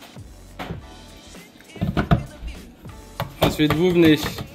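Someone talks while handling the outer bowl lid of a Ninja CREAMi ice cream machine, placing it over the plastic ice cream pint bowl to twist it locked, with short knocks and handling noises. The clip ends before the lid locks, so nothing has seated or clicked yet.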